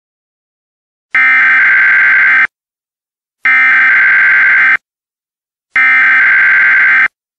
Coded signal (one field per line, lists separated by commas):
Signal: Emergency Alert System (SAME) tones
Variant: header bursts